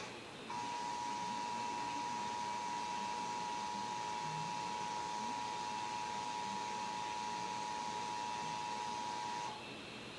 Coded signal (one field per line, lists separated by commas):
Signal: Emergency Alert System (SAME) tones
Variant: 853 and 960 Hz attention tone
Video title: National EAS Test fail - 8/11/2021